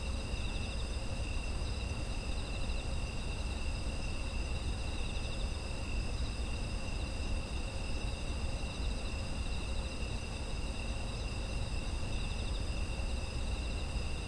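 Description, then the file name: A chorus of insects keeps up continuous shrill trills at several pitches, some faintly pulsing, against steady low-frequency rumble. Autumn insect ambience, presented as background sound. "秋の虫の環境音"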